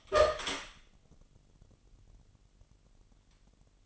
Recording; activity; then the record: daily activity, microphone in the room; open door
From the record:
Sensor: 4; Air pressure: 999.2 hPa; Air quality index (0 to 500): 115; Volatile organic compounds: 2 ppm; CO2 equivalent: 1134 ppm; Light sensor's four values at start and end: 13/31/12/14 and 13/32/13/14